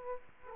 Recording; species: mosquito wingbeat signal from an infrared sensor; Aedes aegypti